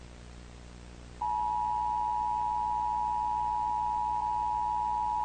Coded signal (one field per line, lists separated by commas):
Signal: Emergency Alert System (SAME) tones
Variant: 853 and 960 Hz attention tone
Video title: Emergency Alert System By ThisIsNotATest 3